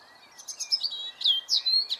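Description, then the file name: European robin song, high sweet warbles and drawn-out thin whistled notes in quick succession over a soft background hiss. "Erithacus rubecula"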